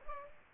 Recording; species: mosquito wingbeat signal from an infrared sensor; Culex pipiens